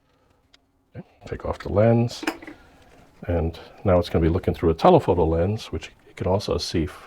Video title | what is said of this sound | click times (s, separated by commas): This Old Camera, part 1 - Canon T70 | and then turn the band until it locks in place take | 0.5 s